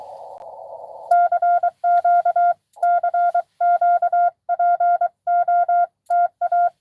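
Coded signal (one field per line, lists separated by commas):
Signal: Morse code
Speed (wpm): 23 wpm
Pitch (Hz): 700 Hz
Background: none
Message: CQ CQ POTA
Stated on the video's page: Parks on the air CW activation at a state park, live.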